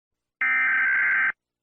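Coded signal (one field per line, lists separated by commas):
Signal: Emergency Alert System (SAME) tones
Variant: header bursts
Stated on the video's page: Fictional earthquake scenario, not a real alert.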